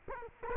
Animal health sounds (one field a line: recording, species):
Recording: mosquito wingbeat signal from an infrared sensor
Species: Culex quinquefasciatus